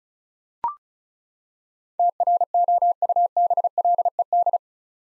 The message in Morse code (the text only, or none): TROUBLED